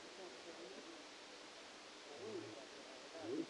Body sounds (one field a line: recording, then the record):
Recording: brain microelectrode recording played as sound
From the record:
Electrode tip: outside the subthalamic nucleus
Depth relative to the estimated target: 7 mm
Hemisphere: left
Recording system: NeuroSet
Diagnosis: Parkinson's disease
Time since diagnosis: 8 years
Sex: male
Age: 65 years